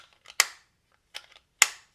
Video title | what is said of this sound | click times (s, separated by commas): Battle of the Blades. Kizer Mini Harpoon vs Drop Bear Fixed Blade! | Hear that click? | 0.4 s, 1.6 s